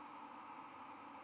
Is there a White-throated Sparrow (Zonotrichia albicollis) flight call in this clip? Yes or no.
no